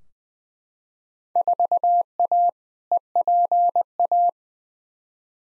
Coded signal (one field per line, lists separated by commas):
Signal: Morse code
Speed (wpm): 21 wpm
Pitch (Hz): 700 Hz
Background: none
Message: 4A EPA